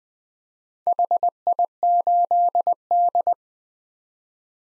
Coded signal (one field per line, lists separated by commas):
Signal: Morse code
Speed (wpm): 20 wpm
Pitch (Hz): 700 Hz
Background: none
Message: HI8D